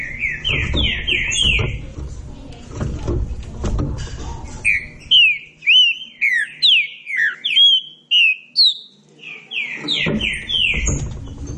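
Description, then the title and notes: Green-winged saltator song of strong falling whistles, clearest in the middle stretch, with low rumbling at the start and end. Classic song style (canto clássico) recording intended for training. "Canto Clássico Trinca Ferro TREINAMENTO. trinca fero"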